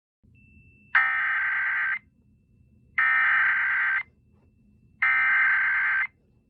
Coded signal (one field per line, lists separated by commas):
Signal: Emergency Alert System (SAME) tones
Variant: header bursts